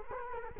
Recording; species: mosquito wingbeat signal from an infrared sensor; Culex quinquefasciatus